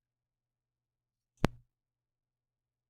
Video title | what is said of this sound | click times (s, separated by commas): microscope | rotate the nose piece to the left so that the oil immersion lens clicks into place | 1.4 s